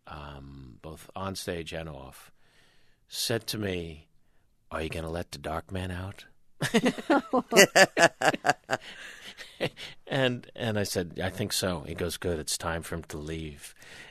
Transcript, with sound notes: both onstage and off - said to me, are you going to let the dark man out?
(LAUGHTER)
And I said, I think so. He goes, good, it's time for him to leave.